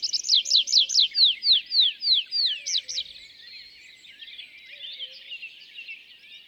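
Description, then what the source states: Tree pipit singing a series of loud, repeated sweeping notes at a fairly even pace for about three seconds, followed by faint twittering. Display song at an isolated tree at a meadow's foot; sings perched, rises in flight, parachutes down; days after arriving from migration; La Sarcena, Val Drôme, France; 27 April 2020; Nagra Seven, MKH40.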